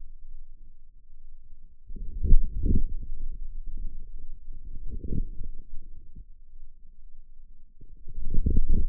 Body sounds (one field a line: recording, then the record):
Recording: forearm muscle sounds (acoustic myography)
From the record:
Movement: outward rotation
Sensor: system 2, bracelet of six BSWA MPA416 microphones around the upper forearm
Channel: 2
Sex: male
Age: 22 years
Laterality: right